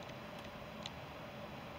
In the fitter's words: once you hear it snap it's ready to go then if you can close your bolt on it it's all ready then